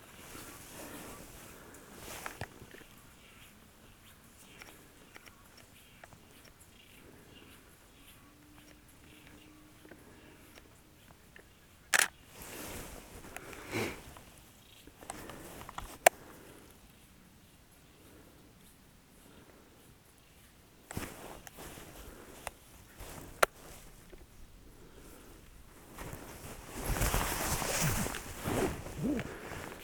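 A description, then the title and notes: Cross-country skiing in deep cold, with soft, irregular scrapes and swishes of skis and poles on snow against a quiet outdoor hush. A few sharp clicks stand out near 12, 16 and 23 seconds, and a louder, hissing glide swells around 27 to 29 seconds. Ski de fond par moins trente. Cross country skiing by minus thirty. Near Cabano, QC, Canada.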